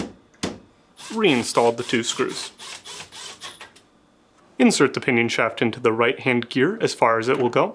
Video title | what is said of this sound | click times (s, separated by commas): How to replace Freezer Slider Holder (Left) part # WR72X20644 on your GE Refrigerator | Slide the lower drawer glide into the slide holder until it snaps into place, then fully extend the glide. | 0.4 s